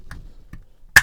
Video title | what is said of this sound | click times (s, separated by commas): Crackshot and Leviathan - Late Game Survival Kit Fortnite Jazwares Review | pop there we go so | 1.0 s